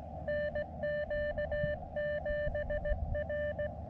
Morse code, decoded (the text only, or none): NQ7R